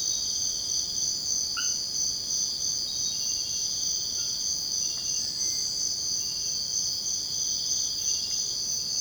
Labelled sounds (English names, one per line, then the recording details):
none
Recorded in secondary vegetation near Puerto Asís, Putumayo, Colombia, on 21 March 2025 at 05:00
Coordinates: 0.488, -76.319
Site G095